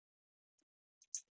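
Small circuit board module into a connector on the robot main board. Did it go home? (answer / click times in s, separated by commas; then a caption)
yes / 1.2 s. A small circuit module, marked USB on its upper side, is pushed onto its header connector on the robot's main circuit board, a removable plug so the part can be swapped if damaged in fighting. A faint tick is heard around 0.6 s, then a small click at 1.0 s and a sharp, brighter click at 1.2 s as the module clicks into place.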